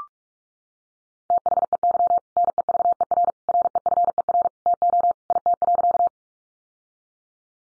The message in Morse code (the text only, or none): THEY NEVER REFER TO IT.